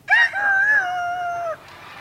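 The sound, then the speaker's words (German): A professional animal-voice imitator imitates a rooster crowing, one sustained, wavering cock-a-doodle-doo call of about a second and a half, loud and nasal with a sharp rise at the start, then silence. “Und Hähne auch, wie ihr hört.”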